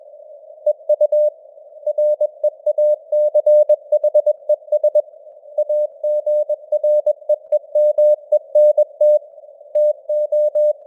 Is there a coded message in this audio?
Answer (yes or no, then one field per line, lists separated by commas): yes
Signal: Morse code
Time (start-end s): 0.7-10.7 s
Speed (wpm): 21 wpm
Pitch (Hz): 600 Hz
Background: none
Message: EU REACHES AGREEMENT TO